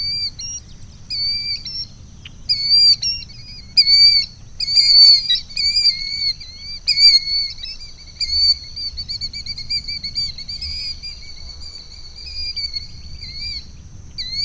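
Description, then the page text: Killdeer giving piercing, slurred calls in irregular bursts, several running together into a rapid series, then sparser single notes near the end. "Mike Nelson - Крикливый зуек (Charadrius vociferus)"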